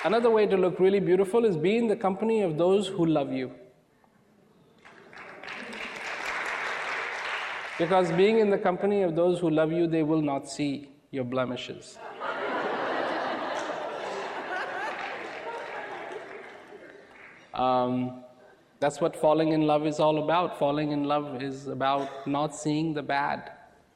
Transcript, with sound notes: Another way to look really beautiful is being in the company of those who love you. (less applause) cause being in the company of those who love you, they will not see your blemishes. (laughter) Um, that's what falling in love is all about, falling in love is about not seeing the bad